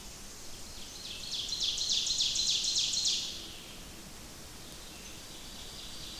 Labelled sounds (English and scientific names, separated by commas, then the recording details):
Ovenbird (Seiurus aurocapilla) song
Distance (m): 55 m
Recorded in boreal forest in Alberta, Canada, on 28 May 2016 at 06:12
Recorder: SongMeter 3, array SBT-3-49
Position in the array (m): 77 m, 237 m
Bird 14